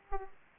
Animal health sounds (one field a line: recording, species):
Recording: mosquito wingbeat signal from an infrared sensor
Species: Aedes aegypti